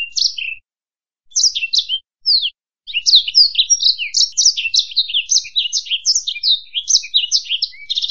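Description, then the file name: Black-throated canary song, opening with a few short separate bursts of sharp chirps, then building into a quick, continuous twittering warble of high varied notes. "suara burung blackthroat"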